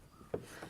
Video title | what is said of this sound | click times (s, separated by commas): Easy Kayak Upgrades | and it locks into place and once that's in place you can attach things like this rod holder | 0.3 s